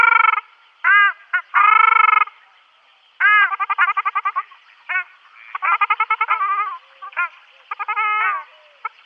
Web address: Schulze Peter Ruddy Shelduck